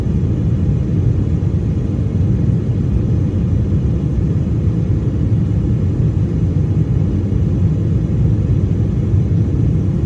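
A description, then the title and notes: Steady cabin noise inside a jet airliner in flight, a dense low roar that holds level for the whole stretch. The sound sits mostly in the deep range with a softer hiss above, and no distinct events break through. FULL FLIGHT - Embraer E190 Frankfurt to London City Airport (Lufthansa) - WHITE NOISE.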